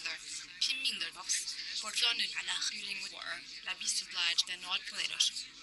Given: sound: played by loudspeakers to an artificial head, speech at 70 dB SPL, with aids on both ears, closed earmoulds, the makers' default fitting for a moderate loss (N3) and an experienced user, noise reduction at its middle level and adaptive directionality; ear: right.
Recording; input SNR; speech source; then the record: speech test signal (ISTS) in cocktail-party noise; +3 dB; on the right (90 degrees)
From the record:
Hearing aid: class 2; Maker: H